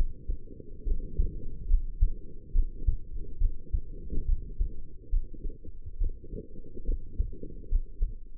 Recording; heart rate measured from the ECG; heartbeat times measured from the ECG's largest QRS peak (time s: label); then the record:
heart sounds by stethoscope; 70 bpm
0.84 s: heartbeat
1.67 s: heartbeat
2.52 s: heartbeat
3.38 s: heartbeat
4.26 s: heartbeat
5.10 s: heartbeat
5.98 s: heartbeat
6.85 s: heartbeat
7.69 s: heartbeat
From the record:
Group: healthy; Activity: rest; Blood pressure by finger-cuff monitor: 99/64 mmHg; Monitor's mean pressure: 75 mmHg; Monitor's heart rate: 70 bpm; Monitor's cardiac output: 5.6 L/min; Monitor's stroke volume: 80 mL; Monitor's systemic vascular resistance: 970 dyn s/cm5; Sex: female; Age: 22 years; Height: 160 cm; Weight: 45 kg